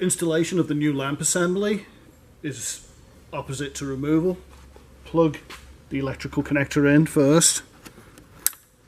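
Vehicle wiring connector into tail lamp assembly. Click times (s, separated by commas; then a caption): 8.5 s. Someone talks while the wiring harness connector is plugged into the back of a new Glohh GL-5i Dynamic LED tail lamp assembly for a Range Rover Sport. A faint tick comes at 8.2 seconds, then one sharp, loud click at 8.5 seconds as the connector latches and seats firmly.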